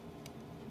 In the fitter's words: and let should click into place and this little chest piece right there pull that up